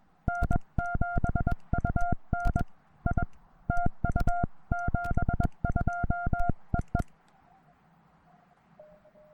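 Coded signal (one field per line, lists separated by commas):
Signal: Morse code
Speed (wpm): 20 wpm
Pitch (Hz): 700 Hz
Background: none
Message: N7UN I TU 72 EE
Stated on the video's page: Morse sent on an American Morse Mini-B paddle into a Penntek TR-35 transceiver with a BeeTenna VHF antenna during a Summits on the Air activation on a mountaintop.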